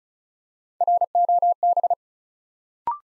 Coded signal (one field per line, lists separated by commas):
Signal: Morse code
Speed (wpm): 36 wpm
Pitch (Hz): 700 Hz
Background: none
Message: ROB